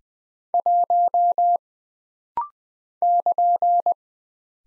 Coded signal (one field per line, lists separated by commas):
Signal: Morse code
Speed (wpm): 20 wpm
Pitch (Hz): 700 Hz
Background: none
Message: 1 <KN>